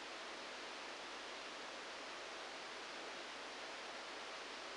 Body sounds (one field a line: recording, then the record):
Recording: brain microelectrode recording played as sound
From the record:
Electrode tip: outside the subthalamic nucleus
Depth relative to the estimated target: -2 mm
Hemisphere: right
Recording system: NeuroSet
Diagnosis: Parkinson's disease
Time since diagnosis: 9 years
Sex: male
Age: 56 years